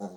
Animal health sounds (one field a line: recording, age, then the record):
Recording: pig call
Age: piglet (1 to 25 days)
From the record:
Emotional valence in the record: negative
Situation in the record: long isolation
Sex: male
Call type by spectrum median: low-frequency call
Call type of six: low-frequency tonal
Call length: 0.17 s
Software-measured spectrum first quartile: 210 Hz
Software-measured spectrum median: 397 Hz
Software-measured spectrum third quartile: 701 Hz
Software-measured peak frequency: 197 Hz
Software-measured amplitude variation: 117 dB a second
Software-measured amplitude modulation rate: 14.6 a second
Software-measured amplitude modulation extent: 8.0 dB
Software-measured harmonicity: 2.4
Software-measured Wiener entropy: -0.09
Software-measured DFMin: 1716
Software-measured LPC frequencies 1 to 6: 732, 3899, 5456, 6197, 7247, 8200 Hz